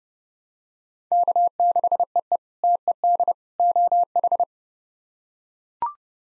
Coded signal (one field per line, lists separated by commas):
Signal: Morse code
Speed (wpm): 30 wpm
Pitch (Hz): 700 Hz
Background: none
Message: K6EE TED OH